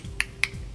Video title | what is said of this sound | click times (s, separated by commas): FACEBOOK LIVE: THIS WEEK'S RE-STOCK!!! | same way push down when you hear that click that | 0.2 s, 0.4 s